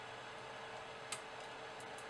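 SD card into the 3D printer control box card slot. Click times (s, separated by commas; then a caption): 1.1 s. A memory card is pushed upside down into the spring-loaded SD card slot on the control box of a Diggro Alpha 3 3D printer until it latches. A single sharp click sounds at 1.1 s over a steady low hiss, with a few fainter ticks afterward. The card is seated.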